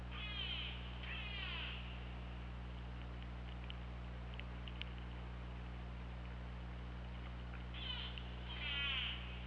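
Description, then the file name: Orca calls in pairs: two quick harmonic downsweeping calls at the start and two more near the end, with scattered clicks between and steady low hum. Recorded by OrcaLab hydrophone, 24 August 2017 at 23:41. "Orca Lab 20170824 234100"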